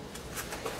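A quick-release buckle on the shoulder strap of an ALICE pack is threaded through its D-ring buckle and snapped into its mating fitting on the military rucksack frame. A short, bright snap is heard at 0.7 s over faint background shuffling, and the quick-release seats in place, leaving the strap attached.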